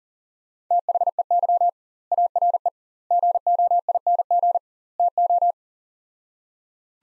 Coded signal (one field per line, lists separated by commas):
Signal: Morse code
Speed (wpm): 40 wpm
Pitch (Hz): 700 Hz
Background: none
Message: THEY ARE GOING TO